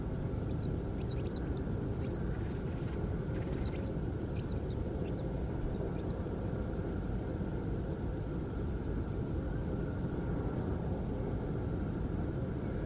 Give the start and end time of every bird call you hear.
0.49s-0.67s: Western Yellow Wagtail (Motacilla flava) (2.3-6.0 kHz)
0.97s-1.60s: Western Yellow Wagtail (Motacilla flava) (1.9-6.4 kHz)
2.00s-2.52s: Western Yellow Wagtail (Motacilla flava) (1.7-6.6 kHz)
3.51s-3.88s: Western Yellow Wagtail (Motacilla flava) (2.0-6.5 kHz)
4.36s-4.76s: Western Yellow Wagtail (Motacilla flava) (2.3-6.0 kHz)
5.02s-5.21s: Western Yellow Wagtail (Motacilla flava) (2.3-5.8 kHz)
5.54s-6.12s: Western Yellow Wagtail (Motacilla flava) (2.2-6.0 kHz)
6.70s-7.31s: Western Yellow Wagtail (Motacilla flava) (3.8-5.9 kHz)
7.59s-7.66s: Western Yellow Wagtail (Motacilla flava) (4.4-6.0 kHz)
8.10s-8.22s: Tree Pipit (Anthus trivialis) (6.3-6.9 kHz)
8.81s-8.87s: Western Yellow Wagtail (Motacilla flava) (3.9-5.4 kHz)

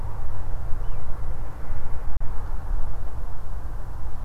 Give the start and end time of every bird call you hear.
0.82s-1.05s: Eurasian Wigeon (Mareca penelope) (1.6-3.3 kHz)

